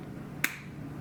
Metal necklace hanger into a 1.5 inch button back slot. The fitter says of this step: the click and then we need to put this ring on there